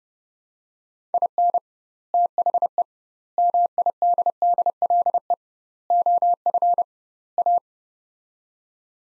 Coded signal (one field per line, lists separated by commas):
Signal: Morse code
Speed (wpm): 30 wpm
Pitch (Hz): 700 Hz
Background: none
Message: IN THE MIDDLE OF A